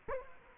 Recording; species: mosquito wingbeat signal from an infrared sensor; Culex quinquefasciatus